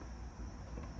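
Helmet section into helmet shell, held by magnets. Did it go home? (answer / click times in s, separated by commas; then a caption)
no / none. The hinged magnetic half of a 3D-printed cosplay helmet is being slid back toward the helmet shell, where strong magnets are meant to pull it shut and keep it from coming loose while moving around. Only a steady, low rumbling handling noise is heard, with a faint brief hiss near 0.8 s. Nothing has seated or clicked yet.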